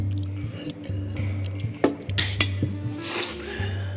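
A few bright clinks of glass rise over a steady low hum, scattered irregularly with small rustles and soft clatter between them, like glasses touched together in a toast.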